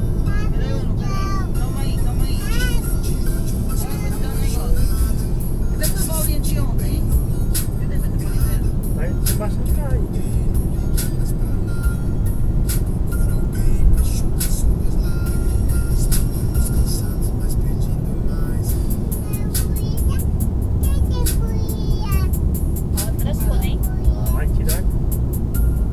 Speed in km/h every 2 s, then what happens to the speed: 90, 89, 87, 87, 88, 91, 94, 95, 94, 91, 88, 88, 90.
0-6 steady at about 87. 6-13 speeds up to 95. 13-20 slows to 88. 20-26 steady at about 88.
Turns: none.